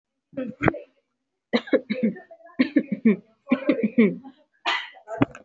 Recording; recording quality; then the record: shallow voluntary cough; excellent, no background noise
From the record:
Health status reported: healthy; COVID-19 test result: not tested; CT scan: not taken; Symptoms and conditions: none ticked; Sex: female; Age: 26 years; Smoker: no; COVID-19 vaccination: both doses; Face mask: worn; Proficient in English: yes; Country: India